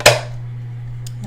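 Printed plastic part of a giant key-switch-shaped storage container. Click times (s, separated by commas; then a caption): 0.1 s. A printed plastic part of a giant 3D-printed key-switch-shaped storage container is pressed back in and seats with a sharp plastic snap at 0.1 s. Afterward there's a low steady hum and a couple of faint ticks near the end.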